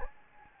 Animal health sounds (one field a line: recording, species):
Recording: mosquito wingbeat signal from an infrared sensor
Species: Anopheles gambiae